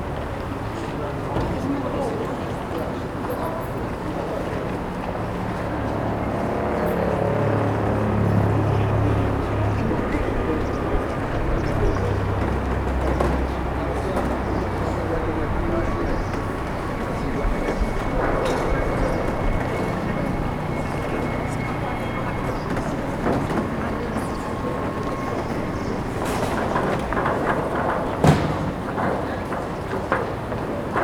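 A High Street market being set up early in the morning: a dense, steady wash of traffic and murmuring voices fills the whole stretch. A low engine rumble rises and falls in the first half, and sharp clatters and knocks break through around 18, 26 and 28 seconds.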